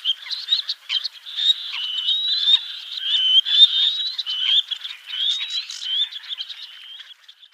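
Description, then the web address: Black-necked grebe calls, a steady run of high, rising whistled notes with a rough, chattering edge throughout. "Schulze Peter Black-necked Grebe"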